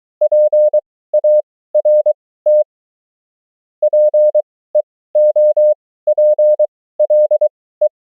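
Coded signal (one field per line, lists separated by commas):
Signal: Morse code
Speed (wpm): 23 wpm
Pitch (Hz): 600 Hz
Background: none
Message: PART PEOPLE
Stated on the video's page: Morse training drill of the 500 most common amateur QSO words, abbreviations and prosigns, 20 wpm effective speed with 23 wpm character speed.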